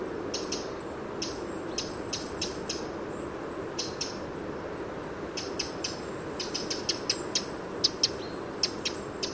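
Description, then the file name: Eurasian wren calls: sharp, dry ticking notes, often doubled or in short bursts, scattered irregularly over a steady low rushing background. "Troglodytes troglodytes"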